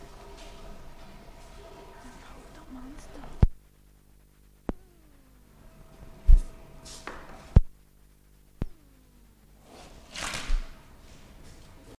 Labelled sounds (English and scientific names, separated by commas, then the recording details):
Caracal (Caracal caracal) hissing
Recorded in captivity
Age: adult
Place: Zoo Berlin, Berlin, DE
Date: 1959-08-10 15:45
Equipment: Reporter (Vollspur)
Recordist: TSA
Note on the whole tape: Fauchen vor der Fütterung, Abstand 0,5 m